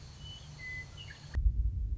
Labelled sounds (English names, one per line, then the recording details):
Western Meadowlark
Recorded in Sonoma County, California